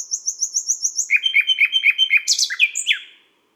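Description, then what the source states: Common nightingale song: a fast series of high repeated notes, dropping to lower repeated chirps, ending in a brief flourish. Recorded at midnight at Les Salelles, Ardèche.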